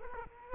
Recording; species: mosquito wingbeat signal from an infrared sensor; Culex quinquefasciatus